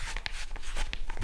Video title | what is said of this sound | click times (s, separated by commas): Building Our DRONE FACTORY… It’s Really Just a Cool Workshop | putting its it's letting up so nicely it makes a click sound dude | 0.3 s, 0.9 s